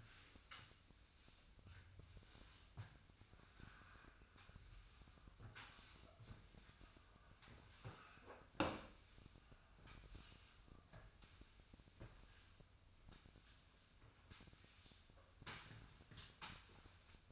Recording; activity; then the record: daily activity, microphone in the room; sweep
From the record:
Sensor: 2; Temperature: 24.0 degrees Celsius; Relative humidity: 35.5%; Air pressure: 1004.6 hPa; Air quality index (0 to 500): 91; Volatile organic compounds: 2 ppm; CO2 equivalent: 1097 ppm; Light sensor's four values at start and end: 6/14/6/6 and 6/14/6/6